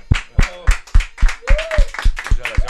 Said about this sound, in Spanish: Primero que nada quiero pedir un aplauso para el set de … del momento.